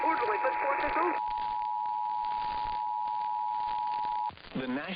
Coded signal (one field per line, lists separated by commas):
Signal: Emergency Alert System (SAME) tones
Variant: 853 and 960 Hz attention tone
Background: speech